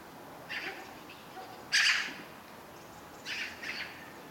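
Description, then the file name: Eurasian magpie calling with rasping, scratchy notes: a soft pair, then one loud harsh burst, then another softer double note. "Pica pica"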